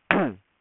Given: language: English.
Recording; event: throat vibration sensor signal played as sound; throat clearing